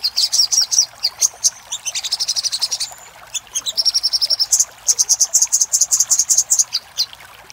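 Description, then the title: Little spiderhunter song: shrill, rapid notes in phrases, one dipping lower and quickening into a buzzy trill, then clear repeated high chips. Master recording for training cage birds, little spiderhunter in the labaik song style. "Masteran Burung Sogok Ontong Labaik"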